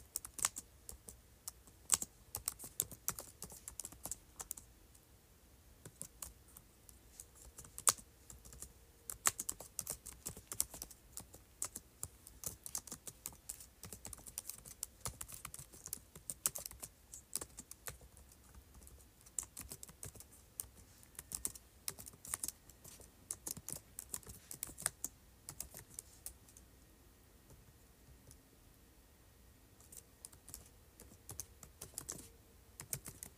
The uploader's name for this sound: Clicking, Scrolling, and Typing on Keyboard